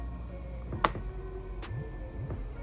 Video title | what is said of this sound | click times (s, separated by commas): My 2022 Halloween Display Ep. 3 - Display falling behind, more time spent finding stuff... | these are tiny and they just pop into place | 0.8 s